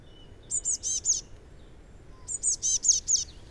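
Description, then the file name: Eurasian blue tit giving two bursts of four to six high-pitched, evenly spaced notes against soft background noise. "Cyanistes caeruleus"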